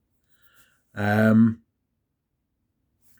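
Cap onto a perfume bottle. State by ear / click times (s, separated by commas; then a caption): not seated / none. The cap is put back onto a vintage perfume bottle, and it fails to click into place. Someone talks briefly around 1.0 to 1.6 seconds, with only faint sounds otherwise. Nothing has clicked or seated yet.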